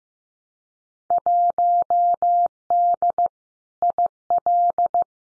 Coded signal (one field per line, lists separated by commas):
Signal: Morse code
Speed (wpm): 15 wpm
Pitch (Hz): 700 Hz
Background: none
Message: 1D IL